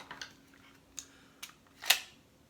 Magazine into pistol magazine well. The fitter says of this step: same amount of force and it clicks in.